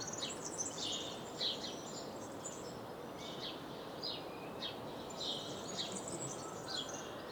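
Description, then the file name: House sparrow chirps, a busy run of short bright notes, some in quick clusters, heard through a fairly strong steady background noise. "Passer domesticus"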